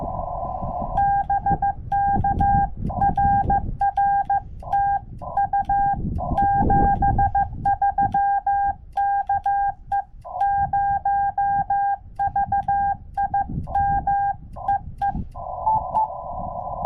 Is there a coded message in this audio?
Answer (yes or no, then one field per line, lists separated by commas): yes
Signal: Morse code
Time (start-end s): 1.0-15.1 s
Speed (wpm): 15 wpm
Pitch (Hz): 1600 Hz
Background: none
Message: BK RR TU 73 KE0VIM EE